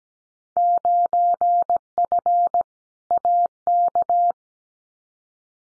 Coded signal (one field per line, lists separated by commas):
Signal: Morse code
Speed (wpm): 17 wpm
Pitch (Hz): 700 Hz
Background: none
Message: 9F AK